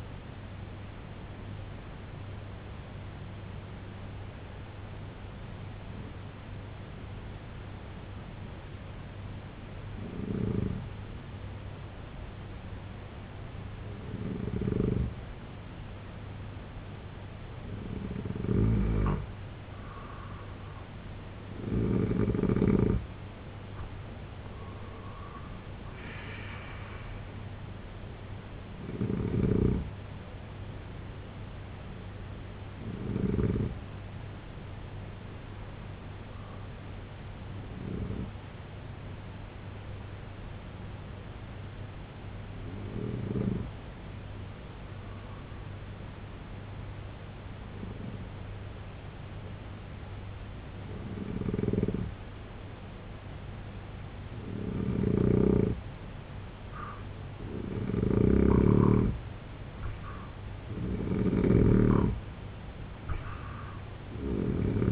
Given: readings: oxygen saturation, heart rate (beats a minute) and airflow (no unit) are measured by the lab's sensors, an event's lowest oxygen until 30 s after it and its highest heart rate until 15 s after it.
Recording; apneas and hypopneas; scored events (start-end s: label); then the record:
breathing in sleep by a voice recorder at the bedside; 2
3.00-24.50 s: hypopnea (N2, oxygen 95% highest, then 88% lowest, heart rate 64 at the start, 80 highest)
35.00-58.40 s: hypopnea (N2, oxygen 94% highest, then 87% lowest, heart rate 65 at the start, 83 highest)
From the record:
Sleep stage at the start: N2 (light sleep); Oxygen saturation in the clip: 88 to 95%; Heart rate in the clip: 60 to 83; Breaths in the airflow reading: 13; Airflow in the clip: -11.0 to 7.2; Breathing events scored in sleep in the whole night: 258 in 7.4 hours asleep